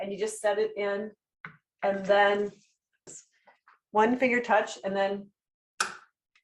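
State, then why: Seated. Someone talks while a plastic instillation cassette is set roller-side down into a negative pressure wound therapy pump and pressed in with one finger. A sharp click sounds at 5.8 s as the cassette latches into the pump, seated and ready to go.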